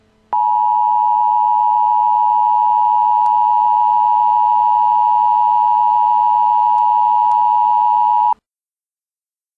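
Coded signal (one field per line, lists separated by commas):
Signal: Emergency Alert System (SAME) tones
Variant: 853 and 960 Hz attention tone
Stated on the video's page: Simulated EAS tornado emergency scenario.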